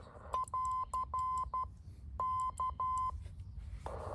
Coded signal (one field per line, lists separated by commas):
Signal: Morse code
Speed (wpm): 12 wpm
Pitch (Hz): 1030 Hz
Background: none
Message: <AR> K